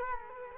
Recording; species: mosquito wingbeat signal from an infrared sensor; Culex quinquefasciatus